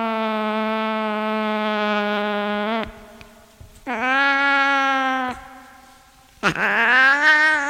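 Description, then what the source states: Cat calling three times: a long steady meow of nearly three seconds, a shorter second one, then a third rising sharply at its start near the end. A cat named Sunshine.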